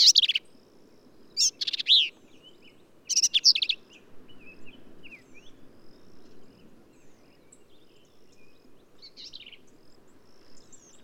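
Black-capped vireo song: three loud, scratchy, chattering phrases in the first few seconds, then quieter faint notes over a low background hiss.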